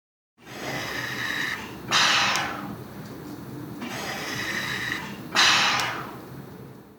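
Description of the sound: A ventilator, a machine that helps people breathe, pushing air in and pulling it back out in a repeating cycle, with bursts of airy hiss over a steady mechanical hum.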